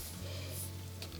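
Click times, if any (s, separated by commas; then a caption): none. The folding sections of a Black Diamond Distance FLZ trekking pole are pulled apart so the tensioned inner cord can let the spring locking button pop out and lock the section. A steady low hum runs under faint handling noise, with two brief, soft bumps near 1.0 and 1.2 seconds. The clip ends before the button clicks out, so nothing has seated or locked yet.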